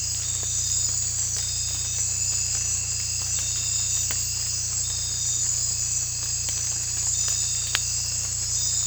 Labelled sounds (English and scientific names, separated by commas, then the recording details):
none
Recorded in dense forest near Puerto Asís, Putumayo, Colombia, on 18 December 2024 at 01:00
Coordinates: 0.467, -76.328
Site GP05